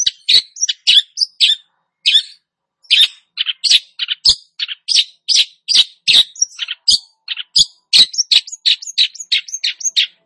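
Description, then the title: Long-tailed shrike song: an almost continuous stream of sharp, varied chirps and squeaky notes, harsh and energetic throughout. Described as gacor, meaning singing actively. "Cendet Gacor"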